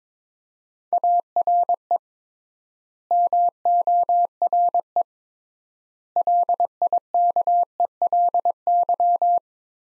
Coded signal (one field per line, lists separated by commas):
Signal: Morse code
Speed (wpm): 21 wpm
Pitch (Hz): 700 Hz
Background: none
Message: ARE MORE LIKELY